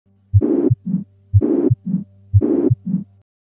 Blood leaking back into the right atrium from the right ventricle is tricuspid regurgitation, producing a high-pitched pansystolic murmur best heard at the tricuspid area. Although not a clear radiation, it can sometimes be heard from the epigastrium. It becomes louder with inspiration, and this is known as Cavallo's sign.